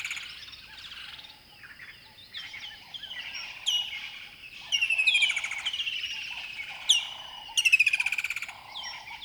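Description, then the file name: Bird calls: loud falling whistles and harsh rattling bursts over a lower repeated tone. River bed at dawn. "river bed dawn bird call close"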